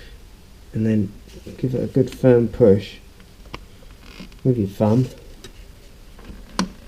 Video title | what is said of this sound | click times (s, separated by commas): How To Change Spark Plugs On Suzuki GSXR600 and 750 K6 , K7 | and on your new spark plug you should hear it click where it goes over the Suede's on | 6.6 s